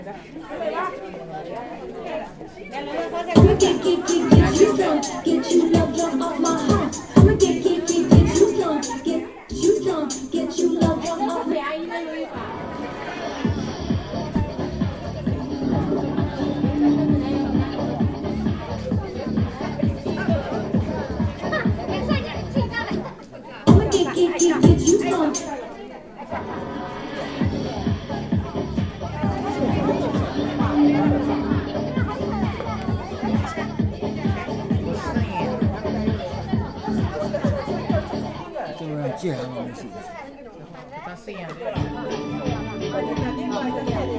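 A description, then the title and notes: Music plays in a village square while people socialize, their talk and chatter running steadily underneath. A loud band section with bright, dense sound drives from about 3 to 12 seconds and again around 24 seconds, then settles into softer continuous playing. Village dancing in their local square. Socializing. Music.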